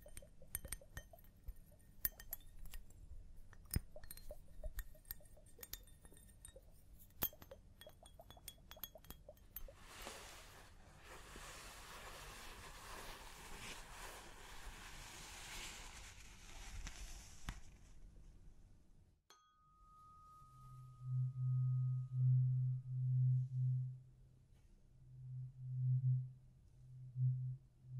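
Scalp massage and hair wash: the first ten seconds are a dense run of small, sharp clicks and taps. A soft rushing wash, like running water, follows and stops abruptly near 19 seconds, then a brief ringing tone gives way to loud, low humming pulses.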